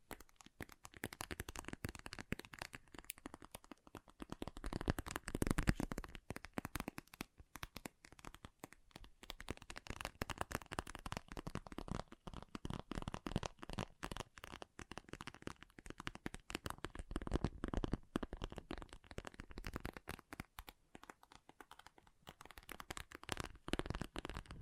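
Water beads pour and shift in a dense, continuous rattle of tiny clicks and rustles, like shuffled cards. The texture stays busy throughout, swelling into fuller, louder bursts around five seconds and again near seventeen, with brief thinner lulls between.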